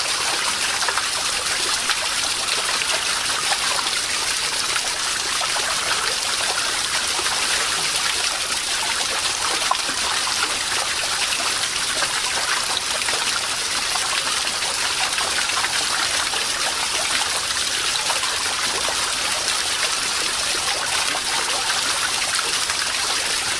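Running water flows steadily and densely for the whole stretch, a bright trickling hiss with no pauses or changes in strength.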